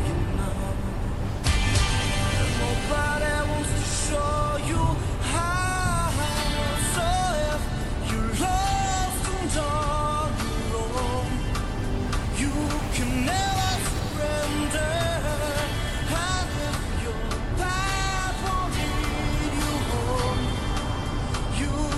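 A car drives along with a steady low engine rumble and road noise filling the whole recording. Over it, a crackly radio plays voice-like warbling tones and sliding pitches, with bright clicks and bursts recurring every second or two.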